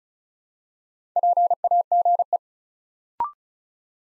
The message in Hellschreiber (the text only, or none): none